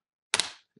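With the screws removed, the plastic front frame (bezel) of a Toshiba Satellite A305 laptop screen is gripped by the fingernails from the screen side and pulled away from the display lid. Two sharp plastic snaps are heard at 0.3 s and 0.4 s as the retaining clips pop free, followed by a brief decaying rattle. The bezel clips are released.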